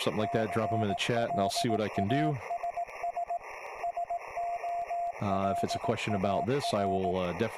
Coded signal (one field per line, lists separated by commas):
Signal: Morse code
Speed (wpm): 18 wpm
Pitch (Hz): 690 Hz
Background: speech, radio noise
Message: CLASS SOLAR